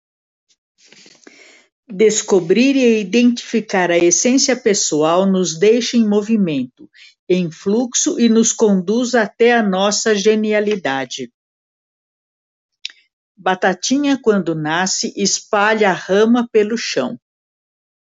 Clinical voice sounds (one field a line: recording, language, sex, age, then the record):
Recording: short text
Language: Brazilian Portuguese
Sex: female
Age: 70 to 79 years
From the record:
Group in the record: control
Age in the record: 73 years